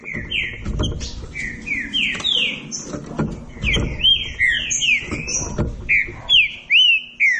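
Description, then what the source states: Green-winged saltator singing repeated whistled phrases, each note sliding downward, steadily paced and growing louder near the end, over low knocking background noise. Classic song style (canto clássico); training recording.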